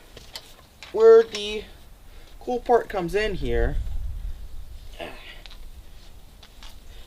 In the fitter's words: One Direction at the same time so once you get this one here moved up it folds and snaps into place you know here's